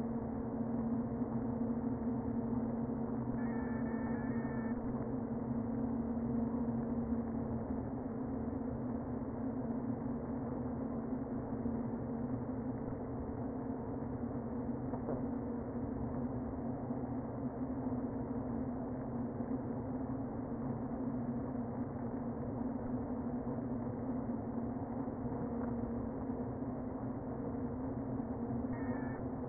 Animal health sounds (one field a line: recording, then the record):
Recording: honeybee colony, microphone inside the hive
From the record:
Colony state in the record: queen present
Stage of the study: before two queens were removed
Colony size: about 60,000 bees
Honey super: yes